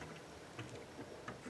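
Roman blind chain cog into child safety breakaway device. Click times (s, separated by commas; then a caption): 1.3 s. A plastic Roman blind chain cog, its green mark lined up with the matching mark on the child-safety breakaway device, is pushed firmly into position. A short tap is heard at about 0.6 s, then a sharp click at 1.3 s as the cog snaps into the breakaway device and seats.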